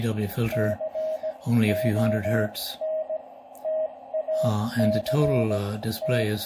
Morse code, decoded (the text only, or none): CONTACT